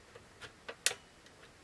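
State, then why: Seated. A waist level finder is attached again onto a Zenza Bronica GS-1 camera body, and its latch clicks into place at 0.9 s. The click is a short, bright snap among a few softer ticks. It is seated with only a quiet, not very noisy click.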